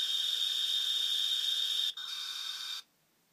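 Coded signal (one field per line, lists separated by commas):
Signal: fax machine handshake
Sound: harsh steady broadband hiss, brief break, second hiss burst, then silence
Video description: while sending an old-school fax. Made for the young generation who don't know how a modem sounds like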